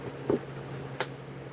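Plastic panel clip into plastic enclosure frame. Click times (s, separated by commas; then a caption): 1.0 s. A plastic panel of a small enclosure is pushed into its plastic frame, with a soft low bump at about 0.3 s before a sharp, bright snap at 1.0 s as the clip engages. A steady low hum runs underneath throughout. The clip is seated.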